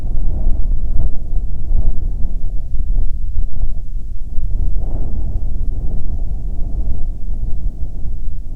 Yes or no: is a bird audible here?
no